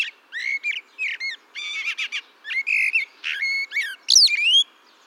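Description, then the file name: Eurasian blackbird producing loud, varied whistled notes in short bursts, ending with a high squeaky phrase. "Turdus merula"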